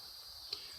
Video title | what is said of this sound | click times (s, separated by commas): Something Stinks | locks in place. | 0.5 s